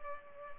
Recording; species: mosquito wingbeat signal from an infrared sensor; Culex pipiens